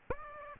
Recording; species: mosquito wingbeat signal from an infrared sensor; Aedes aegypti